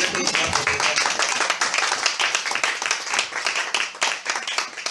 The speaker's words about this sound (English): Applaudissons pour le Seigneur. Amen.